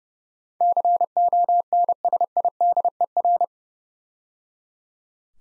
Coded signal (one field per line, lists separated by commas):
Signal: Morse code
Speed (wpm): 30 wpm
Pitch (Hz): 700 Hz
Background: none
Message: CONSIDER